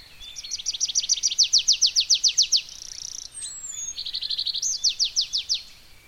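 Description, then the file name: Tree pipit song: fast series of buzzy repeated notes, a thin descending whistle, then a second run of repeated notes; steady faint background hiss. Recorded at Heidenheim on 5 May 2013. "Baumpieper. Heidenheim. Michele Peron"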